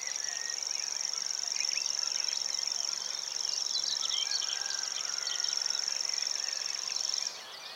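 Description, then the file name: Common grasshopper warbler giving a continuous, even, high-pitched mechanical reel for about seven seconds before cutting off, while assorted bird chirps scatter through the background. "Common Grasshopper Warbler, Feldschwirl"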